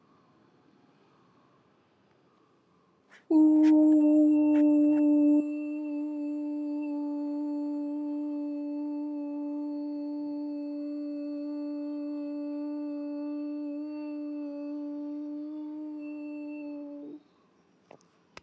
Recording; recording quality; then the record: sustained vowel as in boot; excellent, no background noise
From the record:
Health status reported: exposed to COVID-19, no respiratory illness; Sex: female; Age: 38 years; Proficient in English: yes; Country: India